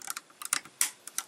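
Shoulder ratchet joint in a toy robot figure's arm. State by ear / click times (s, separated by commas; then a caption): partly seated / 0.8 s. The faulty shoulder ratchet joint on the arm of a Daca Toys Kronos plastic transforming robot figure (a Masterpiece Skyfire/Jetfire-style toy) is rotated, giving a run of small, light plastic ticks. The loudest and longest one comes at 0.8 s: a single weak, partial click, where the other shoulder gives three solid clicks.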